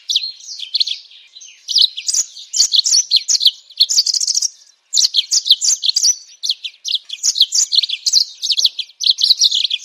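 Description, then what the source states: Bird song, dense fast chattering with warbled high notes, a brief pause near the middle, then the same rapid chatter again. Masteran: training songs for cage birds.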